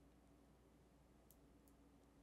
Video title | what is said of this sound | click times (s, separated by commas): Keystone Pro Firmware Version M-10.4 Update Guide Enhance Your Wallet's Security & Functionality | you'll hear a little snap | 1.3 s